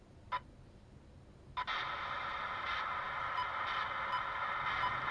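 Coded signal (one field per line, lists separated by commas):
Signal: none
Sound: walkie talkie beeps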